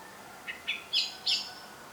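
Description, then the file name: Eurasian blackbird giving four quick, rising chip notes, growing louder toward the end. "Turdus merula"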